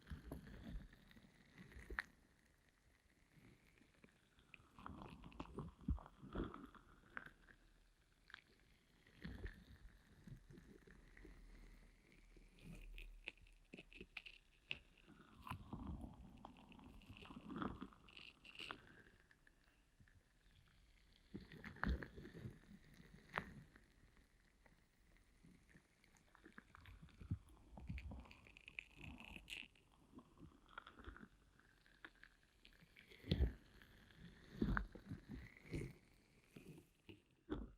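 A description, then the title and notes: Muffled rubbing and scratching of an ear massage with a pineapple, with irregular crackly bursts and soft swishes over a low rumble. ASMR Ear Massage with Pineapple (No Talking).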